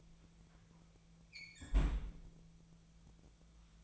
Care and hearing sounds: daily activity, microphone in the room; close fridge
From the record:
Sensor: 1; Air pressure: 1009.8 hPa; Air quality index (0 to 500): 191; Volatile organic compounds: 18 ppm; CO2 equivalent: 2614 ppm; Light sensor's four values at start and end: 33/85/35/43 and 33/85/35/43

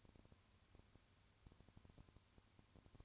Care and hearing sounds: daily activity, microphone in the room; no activity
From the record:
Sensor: 2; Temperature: 20.3 degrees Celsius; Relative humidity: 35.6%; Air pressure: 1000.9 hPa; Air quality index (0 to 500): 197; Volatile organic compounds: 5 ppm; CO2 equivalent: 1736 ppm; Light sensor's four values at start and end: 2/3/2/2 and 2/3/2/2

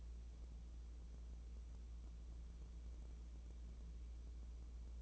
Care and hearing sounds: daily activity, microphone in the room; wipe stove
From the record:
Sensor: 1

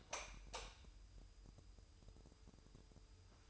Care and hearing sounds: daily activity, microphone in the room; light on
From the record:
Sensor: 2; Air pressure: 988.2 hPa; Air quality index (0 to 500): 190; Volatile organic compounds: 176 ppm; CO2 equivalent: 4128 ppm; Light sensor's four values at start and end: 7/17/7/7 and 12/35/14/14

